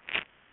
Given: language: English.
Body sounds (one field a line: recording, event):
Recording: throat vibration sensor signal played as sound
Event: swallow